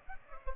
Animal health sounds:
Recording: mosquito wingbeat signal from an infrared sensor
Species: Aedes aegypti

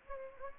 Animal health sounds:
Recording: mosquito wingbeat signal from an infrared sensor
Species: Anopheles gambiae

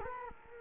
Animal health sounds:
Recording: mosquito wingbeat signal from an infrared sensor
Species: Culex quinquefasciatus

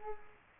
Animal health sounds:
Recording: mosquito wingbeat signal from an infrared sensor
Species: Culex quinquefasciatus

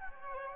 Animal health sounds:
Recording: mosquito wingbeat signal from an infrared sensor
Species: Anopheles gambiae

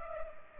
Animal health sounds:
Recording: mosquito wingbeat signal from an infrared sensor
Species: Culex pipiens

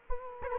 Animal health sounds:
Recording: mosquito wingbeat signal from an infrared sensor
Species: Culex quinquefasciatus

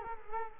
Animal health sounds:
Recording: mosquito wingbeat signal from an infrared sensor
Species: Culex quinquefasciatus

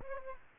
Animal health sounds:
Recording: mosquito wingbeat signal from an infrared sensor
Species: Aedes aegypti

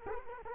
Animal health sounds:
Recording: mosquito wingbeat signal from an infrared sensor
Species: Culex quinquefasciatus

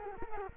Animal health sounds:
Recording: mosquito wingbeat signal from an infrared sensor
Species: Culex quinquefasciatus

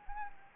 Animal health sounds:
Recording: mosquito wingbeat signal from an infrared sensor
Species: Anopheles gambiae

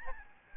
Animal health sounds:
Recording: mosquito wingbeat signal from an infrared sensor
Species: Aedes albopictus

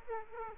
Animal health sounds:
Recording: mosquito wingbeat signal from an infrared sensor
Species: Aedes aegypti

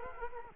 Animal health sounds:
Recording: mosquito wingbeat signal from an infrared sensor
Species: Culex quinquefasciatus

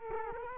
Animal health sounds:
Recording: mosquito wingbeat signal from an infrared sensor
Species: Culex quinquefasciatus

